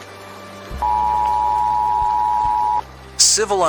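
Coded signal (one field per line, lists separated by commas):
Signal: Emergency Alert System (SAME) tones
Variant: 853 and 960 Hz attention tone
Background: speech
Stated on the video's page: Fictional simulated Emergency Alert System broadcast about an alien arrival.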